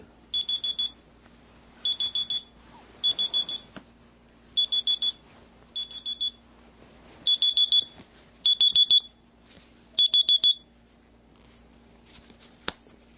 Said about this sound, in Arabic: المنبه يقول